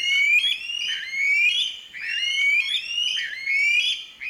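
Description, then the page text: Aldabra Rail giving a series of loud, rising whistled notes mixed with harsh, clipped notes. Aldabra subspecies of White-throated Rail, flightless, skulking in mangroves on Aldabra island, Indian Ocean. "BirdNote Daily. Aldabra Rail"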